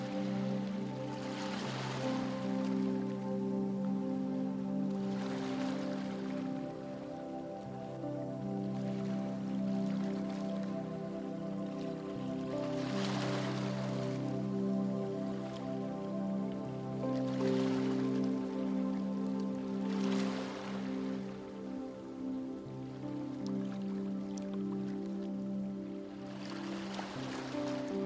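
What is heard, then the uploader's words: Soft ocean waves wash in every few seconds, about 2, 6, 13, 18, 20 and 27 seconds, over steady, sustained low music tones. Peaceful Sounds Of Gentle Ocean Waves & Relaxing Music. Throughout the episode, we'll hear the calming sounds of beach waves and gentle music. Ocean sounds and relaxing music.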